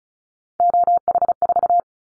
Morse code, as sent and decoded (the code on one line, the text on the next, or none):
--- .... ....-
OH4